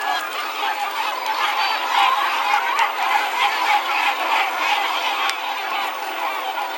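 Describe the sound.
Gulls give a steady clamour of many harsh, overlapping cries.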